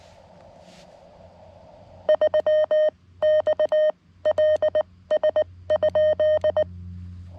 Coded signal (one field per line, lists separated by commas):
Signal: Morse code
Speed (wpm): 19 wpm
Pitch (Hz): 620 Hz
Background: none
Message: 3XLS?